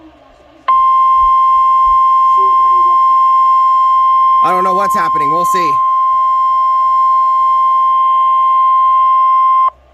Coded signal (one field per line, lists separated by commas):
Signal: Emergency Alert System (SAME) tones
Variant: 1050 Hz attention tone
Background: speech